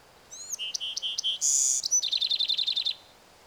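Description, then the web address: Bewick's wren delivers a single song: thin whistles, a run of short notes, a dry buzz, then a rapid trill of evenly spaced notes. "BEWR birds wrens"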